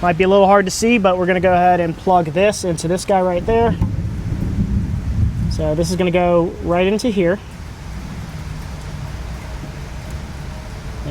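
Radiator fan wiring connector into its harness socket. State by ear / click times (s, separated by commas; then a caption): not seated / none. On a 2013–2017 Honda Accord during a radiator replacement, the plastic radiator fan harness connector is lined up with its mating socket so it can be pushed in straight. Someone talks for most of the first seven seconds over a low, steady rumbling background noise that carries on after the talking stops. The connector has not seated or clicked yet.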